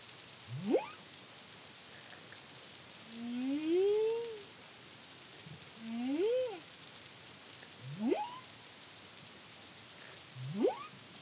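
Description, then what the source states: Humpback whale song: steep upsweeping whoops and longer rising-then-falling tonal moans, over a constant hiss. Song; Caribbean, CARIMAM project, 2023.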